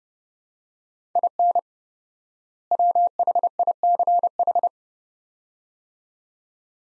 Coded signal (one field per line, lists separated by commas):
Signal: Morse code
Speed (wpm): 30 wpm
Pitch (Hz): 700 Hz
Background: none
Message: IN WHICH